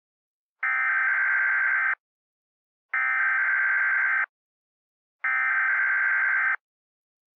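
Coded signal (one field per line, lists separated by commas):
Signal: Emergency Alert System (SAME) tones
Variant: header bursts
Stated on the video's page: Fictional EAS mockup about an unusual lightning strike.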